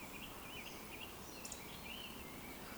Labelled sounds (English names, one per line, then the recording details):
Eurasian Woodcock
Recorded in Baden-Württemberg, Germany, on 16 June 2020 at 19:58 UTC
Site 14569, 102 m above sea level